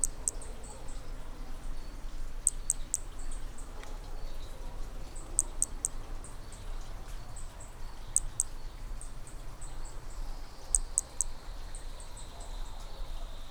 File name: B hermogenesi Picinguaba ind 3 6 notas perdidas 13 dez 2017 MRB